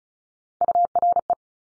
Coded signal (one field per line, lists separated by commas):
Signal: Morse code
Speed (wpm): 34 wpm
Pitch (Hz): 700 Hz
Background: none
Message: URE